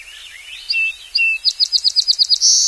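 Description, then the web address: Song sparrow singing: soft introductory notes and a clear whistle, then a rapid run of crisp repeated chips that ends in a sustained buzzy note. "Songs of Birds of North America Know Your Bird Sounds. Song Sparrow"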